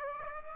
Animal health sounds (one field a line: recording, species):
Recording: mosquito wingbeat signal from an infrared sensor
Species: Aedes aegypti